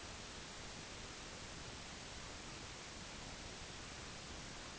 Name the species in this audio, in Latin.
none